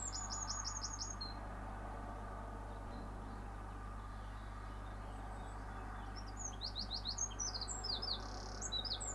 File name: bird sings in the morning with cars in the background